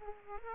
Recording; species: mosquito wingbeat signal from an infrared sensor; Aedes aegypti